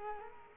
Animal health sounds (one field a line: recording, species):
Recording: mosquito wingbeat signal from an infrared sensor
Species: Culex quinquefasciatus